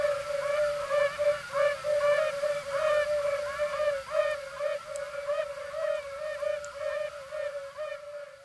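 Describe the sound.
Yellow-bellied toads calling together, steady hoots merging into an unbroken drone with rhythmic overlapping upper notes.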